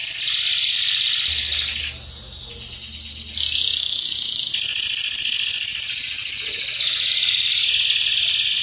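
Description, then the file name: Canary song with long, high buzzing trills that shift pitch in sections, a brief softer break near two seconds, then steady rolling trills resume. Yellow Belgian canary; song. "canto do canario belga amarelo"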